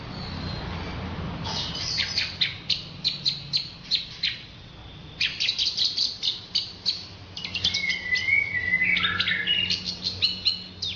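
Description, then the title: Orange-headed thrush song: bursts of quick, high, clicking chips repeated in rapid runs, then a lower warbled phrase near the end, over a steady low hum. "Anis Merah"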